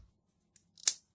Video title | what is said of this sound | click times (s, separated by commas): Maketoys Thunder Manus Review | goes into place with a nice little satisfying click | 0.9 s